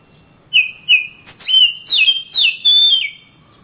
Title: Kicau Kacer Juara Master Kalimantan Sumatra Gacor